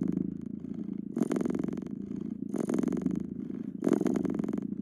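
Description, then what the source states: Domestic cat purr, a steady low vibration with a few stronger rasping surges. Continuous domestic cat purring.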